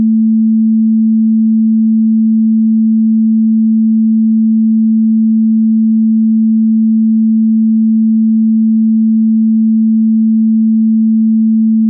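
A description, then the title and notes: A pure, steady sine tone at 221.23 Hz, an A, holds for the full twelve seconds. The pitch sits low-middle and never wavers, with constant loudness and no other sounds, only a slight hiss around the tone. PURE 221.23 HZ 100% MOST POWERFUL Venus Frequency. In the 32nd octave the Venus tone oscillates with 221.23 Hz, that is an A.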